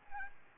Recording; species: mosquito wingbeat signal from an infrared sensor; Aedes albopictus